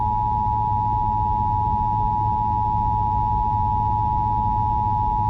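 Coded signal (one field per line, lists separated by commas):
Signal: Emergency Alert System (SAME) tones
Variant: 853 and 960 Hz attention tone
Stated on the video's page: Tornado warning EAS activations aired on a news and talk radio station during a hurricane.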